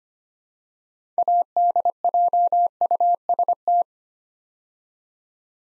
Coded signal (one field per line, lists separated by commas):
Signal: Morse code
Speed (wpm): 25 wpm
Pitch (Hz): 700 Hz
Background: none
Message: ADJUST